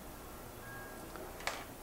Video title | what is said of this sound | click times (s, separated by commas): How to Make a Pen Gun | you push it everything together until it clicks notice | 1.5 s